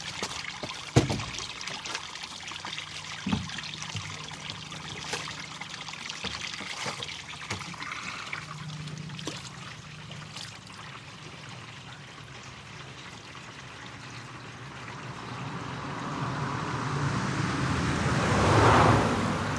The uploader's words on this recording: Spring Water Collector [binaural]. A binaural spring water soundscape. Each week or so i look forward to visiting a local spring, where water flows out of an old pipe in the side of a hill, under a road, into a stone basin and out down into the fields.